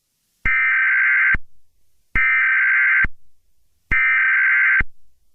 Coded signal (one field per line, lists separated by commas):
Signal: Emergency Alert System (SAME) tones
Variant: header bursts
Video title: After The Flash - EAS Alert (MOCK)